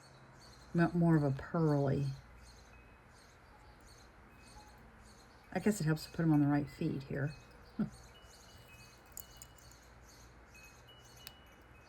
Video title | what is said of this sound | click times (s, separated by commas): Happy Mail From Some Dolly Friends | There you go. I don't know if you heard the little click there. | 11.3 s